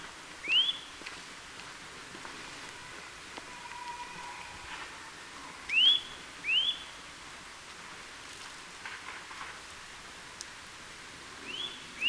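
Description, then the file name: Eurasian nuthatch calls: bright rising whistles at irregular intervals, one alone, then a close pair, then another near the end, over faint background noise. "Sitta europaea"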